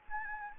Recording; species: mosquito wingbeat signal from an infrared sensor; Anopheles gambiae